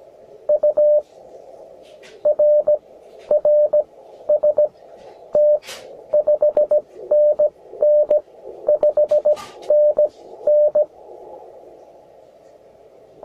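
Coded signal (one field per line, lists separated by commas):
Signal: Morse code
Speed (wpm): 16 wpm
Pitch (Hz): 600 Hz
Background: none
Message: UR RST 5NN 5NN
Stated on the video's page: CW QSO on 21 MHz keyed with a Begali Intrepid bug key.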